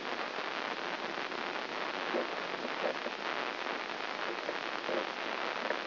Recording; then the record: brain microelectrode recording played as sound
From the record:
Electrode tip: inside the subthalamic nucleus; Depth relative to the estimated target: 2 mm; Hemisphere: right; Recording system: AlphaMap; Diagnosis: Parkinson's disease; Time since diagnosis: 11 years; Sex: female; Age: 52 years